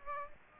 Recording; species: mosquito wingbeat signal from an infrared sensor; Aedes aegypti